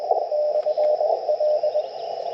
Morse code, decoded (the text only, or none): /L